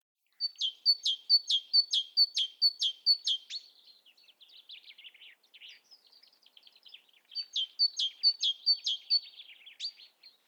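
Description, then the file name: Great tit calling, a fast series of sharp high notes, then softer twittering chatter, then the quick sharp series again. "Parus major"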